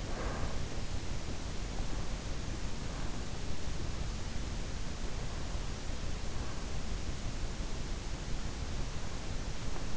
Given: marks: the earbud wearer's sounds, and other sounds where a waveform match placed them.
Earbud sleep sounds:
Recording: sounds in sleep by an in-ear microphone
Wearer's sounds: breath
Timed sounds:
0.00-0.60 s: breath

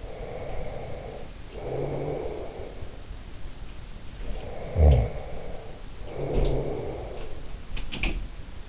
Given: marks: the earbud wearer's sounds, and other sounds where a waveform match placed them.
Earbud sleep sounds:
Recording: sounds in sleep by an in-ear microphone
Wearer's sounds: snoring breath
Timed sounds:
0.00-2.96 s: snoring breath
4.13-7.39 s: snoring breath

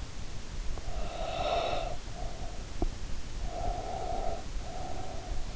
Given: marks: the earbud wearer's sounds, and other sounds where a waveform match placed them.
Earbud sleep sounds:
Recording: sounds in sleep by an in-ear microphone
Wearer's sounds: breath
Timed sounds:
0.73-2.68 s: breath
3.45-5.55 s: breath

